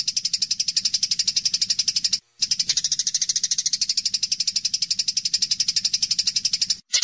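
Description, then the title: Eurasian tree sparrow repeating sharp, high chirps in a steady rapid stream, with two short gaps. Tree sparrow chirping persistently in dense, rapid 'nyecret' chirps; masteran recording used to tutor songbirds such as Medan white-rumped shama and greater green leafbird. "Burung Gereja Gacor Nyecret Rapat !!! Masteran Burung Murai Batu Medan, Cucak Ijo Dll."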